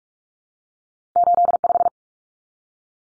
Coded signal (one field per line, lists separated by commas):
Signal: Morse code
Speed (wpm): 44 wpm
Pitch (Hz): 700 Hz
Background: none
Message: 85